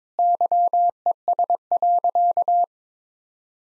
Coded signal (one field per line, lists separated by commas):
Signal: Morse code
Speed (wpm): 22 wpm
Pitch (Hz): 700 Hz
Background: none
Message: YES.